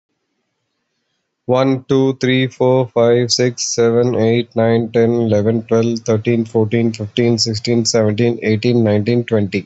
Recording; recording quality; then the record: counting at a normal pace; excellent, no background noise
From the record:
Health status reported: healthy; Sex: male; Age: 39 years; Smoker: yes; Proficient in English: yes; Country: India